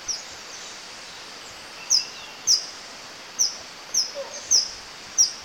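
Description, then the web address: Golden-eyed flowerpiercer song: thin, very high, short descending notes repeated irregularly over a steady hiss of background noise. Ecuador. "Birds of Ecuador Golden-eyed Flowerpiercer"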